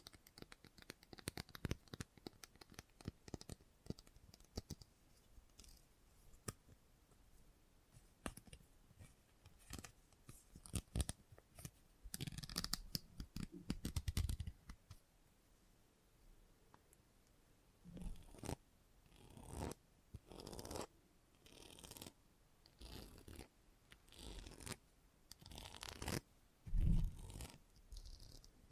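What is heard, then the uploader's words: Scissors snip in quick irregular bursts of sharp clicks and rustles throughout, with quieter gaps around fifteen and twenty seconds and a loud thump near the end. Salon Haircut Head Massage, Scissors and Clipper.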